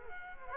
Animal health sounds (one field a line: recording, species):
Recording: mosquito wingbeat signal from an infrared sensor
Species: Culex quinquefasciatus